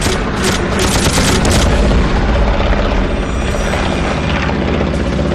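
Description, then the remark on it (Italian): A loud, steady roar of aircraft engines fills the whole stretch during aerial combat in which a German ME-262 jet is shot down in flames, with bursts of gunfire-like crackling and booming in the first two seconds. Nobody speaks. “Il jet tedesco va in fiamme, perdendo pezzi.”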